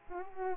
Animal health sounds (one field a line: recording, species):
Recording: mosquito wingbeat signal from an infrared sensor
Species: Culex pipiens